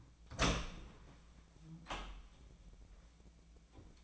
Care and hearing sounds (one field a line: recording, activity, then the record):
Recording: daily activity, microphone in the room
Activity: open door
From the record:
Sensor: 1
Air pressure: 1009.3 hPa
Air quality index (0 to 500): 183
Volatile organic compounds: 4 ppm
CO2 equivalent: 1543 ppm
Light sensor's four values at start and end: 41/109/45/53 and 41/111/45/54